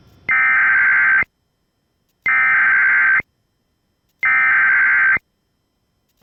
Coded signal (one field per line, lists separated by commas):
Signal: Emergency Alert System (SAME) tones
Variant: header bursts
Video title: 2nd AZ Silver Alert Today (EAS#130)